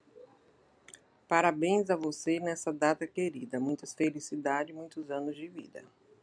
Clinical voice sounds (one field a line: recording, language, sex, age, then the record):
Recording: short text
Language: Brazilian Portuguese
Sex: female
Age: 50 to 59 years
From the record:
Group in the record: control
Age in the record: 57 years